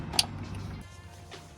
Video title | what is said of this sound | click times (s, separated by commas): Replacing Ignition Coils (Subaru EJ / Factory Five 818) | push the connectors onto the ignition coils until they click and that's it for the passenger side | 0.2 s